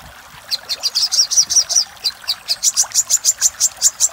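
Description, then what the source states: Little spiderhunter song: a fast run of sharp, high chipping notes, shifting higher partway through. Master recording used for training cage birds.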